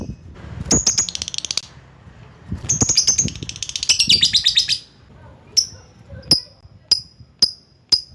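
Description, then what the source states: Lovebird calls: bursts of harsh, rapid high chattering, then single sharp high chirps spaced about every half second toward the end. Lovebird calling to a rival.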